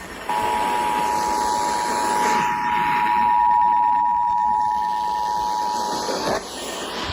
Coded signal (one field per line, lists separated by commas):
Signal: Emergency Alert System (SAME) tones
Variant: 853 and 960 Hz attention tone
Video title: EAS #1730-1731 Severe Thunderstorm Warning on WZOK and KXI58 7-4-22